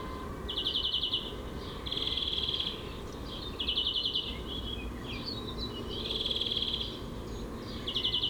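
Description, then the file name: European greenfinch song: several rapid trills interspersed with brief twittering notes. "Chloris chloris"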